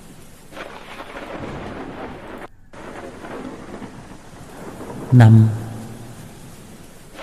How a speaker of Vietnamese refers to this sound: Nó xoay người lại nhìn xung quanh, nhưng chẳng có gì ngoài bầu trời lập lòe sấm chớp và mưa mù mịt.